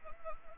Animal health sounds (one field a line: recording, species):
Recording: mosquito wingbeat signal from an infrared sensor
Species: Anopheles gambiae